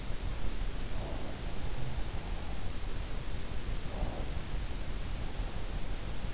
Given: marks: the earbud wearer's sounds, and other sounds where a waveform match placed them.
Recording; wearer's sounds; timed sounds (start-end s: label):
sounds in sleep by an in-ear microphone; breath
3.70-4.35 s: breath